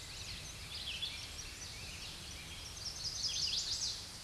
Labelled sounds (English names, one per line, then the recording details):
Chestnut-sided Warbler song
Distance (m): 45 m
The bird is about 10 m above the microphone
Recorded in a Pennsylvania forest on 16 May 2024 at 07:16
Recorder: AudioMoth, point MSD-1338
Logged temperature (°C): 12.6 °C
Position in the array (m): 80 m, 65 m